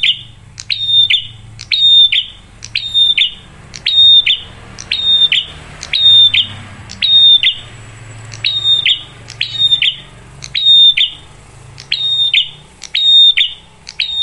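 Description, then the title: Prinia repeating high, ringing whistles with clicky starts and falling ends, evenly spaced about once per second; a faint low hum lies beneath. Lure recording of a lively, clear-voiced prinia, meant to make other birds start singing. "Pancingan Prenjak Gacor Suara Jernih, Bikin yang Lain ikut Bunyi"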